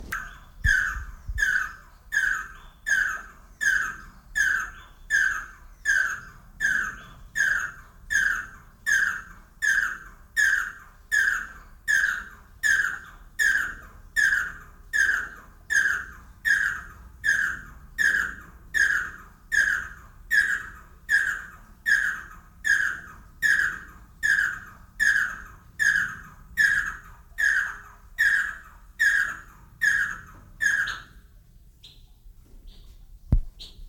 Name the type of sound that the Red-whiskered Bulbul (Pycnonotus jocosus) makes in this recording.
call